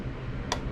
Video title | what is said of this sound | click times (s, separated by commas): Husquvarna 1538 , why does it run this way #automobile #husquvarna #carburetor #surging #kohler | Heard it snap. | 0.5 s